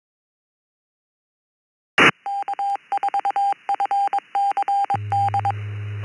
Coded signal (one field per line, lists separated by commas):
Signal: Morse code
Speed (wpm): 22 wpm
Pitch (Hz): 800 Hz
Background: none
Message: K4FCD